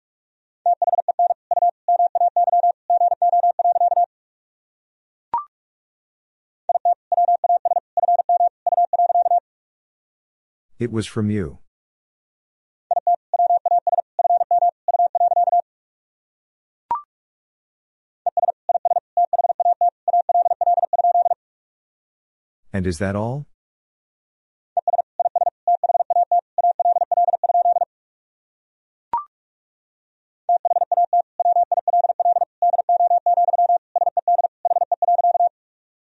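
Morse code beeps at a single steady mid pitch, sent in six bursts of rapid dots and dashes separated by short silences. Brief clicks fall between several groups, and two louder sweeping whooshes cut in at about 11 and 23 seconds.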